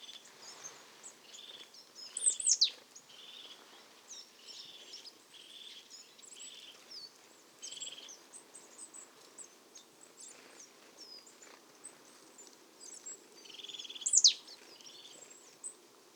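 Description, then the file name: Marsh tit calls: a run of short buzzy notes, then a pause and another series, with sharp sweeping whistles from another bird among them. "Poecile palustris"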